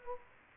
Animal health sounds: mosquito wingbeat signal from an infrared sensor; Culex quinquefasciatus

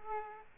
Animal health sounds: mosquito wingbeat signal from an infrared sensor; Aedes aegypti

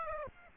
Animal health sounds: mosquito wingbeat signal from an infrared sensor; Aedes aegypti

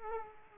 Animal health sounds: mosquito wingbeat signal from an infrared sensor; Culex quinquefasciatus

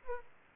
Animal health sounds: mosquito wingbeat signal from an infrared sensor; Aedes aegypti

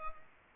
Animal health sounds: mosquito wingbeat signal from an infrared sensor; Culex pipiens

